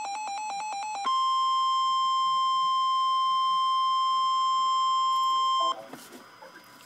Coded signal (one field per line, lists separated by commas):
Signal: Emergency Alert System (SAME) tones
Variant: 1050 Hz attention tone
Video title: REAL EAS 527-Severe thunderstorm watch